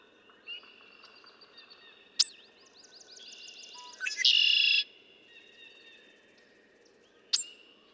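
Red-winged blackbird song: stuttering introductory notes building into a loud, harsh buzzy trill, with sharp check calls before and after.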